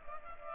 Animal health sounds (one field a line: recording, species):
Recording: mosquito wingbeat signal from an infrared sensor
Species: Culex pipiens